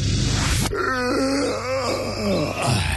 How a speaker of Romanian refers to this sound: Căscatul e contagios, băi.